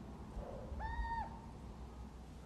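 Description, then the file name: Little owl giving a single drawn-out, level note that slurs slightly downward at the end, over low rumbling background noise. "athene noctua"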